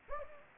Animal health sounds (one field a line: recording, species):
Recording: mosquito wingbeat signal from an infrared sensor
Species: Anopheles gambiae